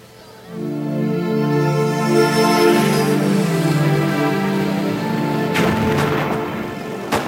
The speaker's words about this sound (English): Off Highway 1, between Saigon and Cambodia, the North Vietnamese offensive engulfs Kim's village of Trang Bang. South Vietnamese attack from the air, while villagers take shelter in the pagoda.